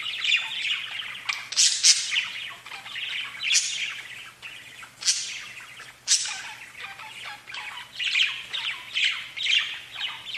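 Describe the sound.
Budgerigar calls: continuous scratchy warbling broken by sharp, high squawks, with chattering that rises and falls in loudness throughout.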